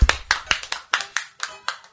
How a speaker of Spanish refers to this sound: Y a muchos aplausos también, no se pasen.